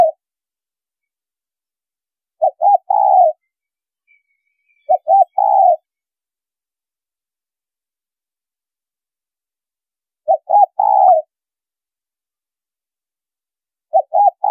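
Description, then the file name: Spotted dove repeating a three-part coo: two brief notes followed by a drawn-out coo. There are three full phrases and partial ones at the start and end, with pauses in between. Female bird. "Tieng cu gay mai"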